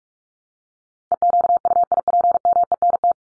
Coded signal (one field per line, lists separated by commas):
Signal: Morse code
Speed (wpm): 44 wpm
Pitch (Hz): 700 Hz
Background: none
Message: EQUIPMENT